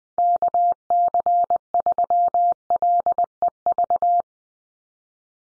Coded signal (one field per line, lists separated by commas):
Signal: Morse code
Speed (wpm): 20 wpm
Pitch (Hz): 700 Hz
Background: none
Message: KC3LEV